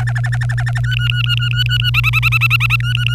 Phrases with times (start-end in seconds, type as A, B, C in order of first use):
0.00-0.80 A, 0.84-1.90 B, 1.94-2.76 C, 2.80-3.14 B